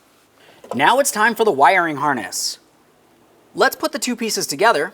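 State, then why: Not seated. Someone talks while getting ready to join the two halves of the plastic wiring harness connector for the front power window motor on a 2007-2012 Nissan Versa, pushing the motor harness connector toward its mating connector. Only speech is heard, with no click, and nothing has seated yet.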